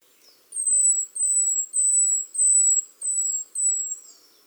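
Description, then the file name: Great tit calls: six thin, very high whistled notes in a steady series, each gently descending and about half a second long. "Parus major"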